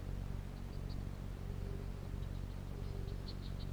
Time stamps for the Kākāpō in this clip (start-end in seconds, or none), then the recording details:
none. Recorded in New Zealand. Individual Piripi